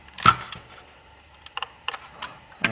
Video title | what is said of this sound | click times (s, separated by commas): Scoutguard "MG983G-30M" 3G Trail Camera (full setup with install and picture/video quality) | and you'll know when it's down cuz it won't pop out there you go and you'll hear the click | 2.6 s